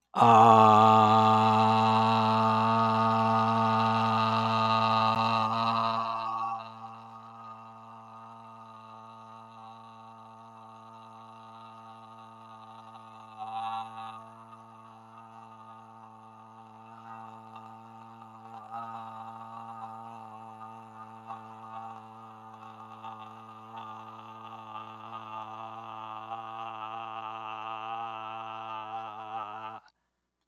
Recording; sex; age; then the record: vowel held as long as possible; male; 40 to 49 years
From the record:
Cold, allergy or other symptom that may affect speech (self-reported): no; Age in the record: 48 years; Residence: Pennsylvania, United States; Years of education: 16